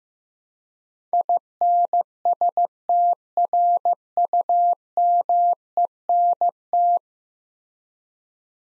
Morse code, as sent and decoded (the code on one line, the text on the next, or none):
.. -. ... - .-. ..- -- . -. -
INSTRUMENT